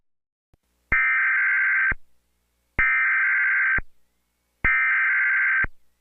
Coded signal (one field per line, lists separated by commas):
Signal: Emergency Alert System (SAME) tones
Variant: header bursts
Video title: EAS made by me. **Special Marine Warning in effect for Cook County and Illinois waters until 930pm**